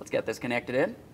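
Someone talks while handling the washer fluid pump's plastic electrical connector as it is about to be pressed into its socket. Nothing has seated or clicked yet.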